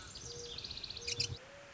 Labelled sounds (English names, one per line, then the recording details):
Mourning Dove
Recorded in Sonoma County, California